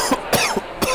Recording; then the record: coughing mixed with background sound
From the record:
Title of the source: Coughing 79